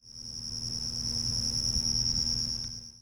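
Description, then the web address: Cricket chirping in a fast, steady, high-pitched trill that pulses rapidly and continues without a break throughout, over a faint low rumble. "DESN 275 sound Library animals crickets"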